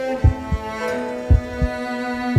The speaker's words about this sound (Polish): czuję, jak w mojej piersi delikatnie uderza najczulszy z wszystkich odmierzających czas instrumentów. Serce. Jest jeszcze ciągle słabe, ale bije dzielnie i z wielką cierpliwością przetacza ciepłą krew. Posłuchaj, przyjacielu.